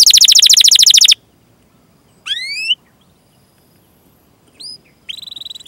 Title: Kenari Gacor Cengkok Terbaik Isian Paling Mewah Kenari